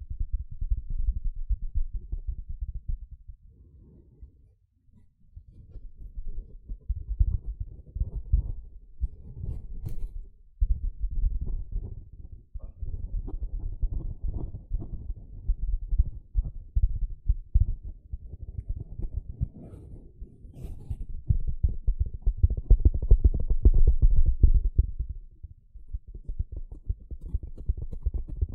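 A sponge is worked in quick, dense bursts of squishing and scratching, low and muffled, with only faint brighter crackles now and then. Short pauses break the activity near 5 and 12 seconds, and the last stretch around 21 to 25 seconds is the busiest.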